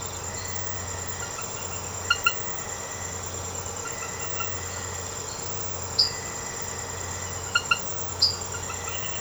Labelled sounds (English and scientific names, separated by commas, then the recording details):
none
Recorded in secondary vegetation near Puerto Asís, Putumayo, Colombia, on 19 March 2025 at 00:30
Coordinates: 0.468, -76.324
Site G059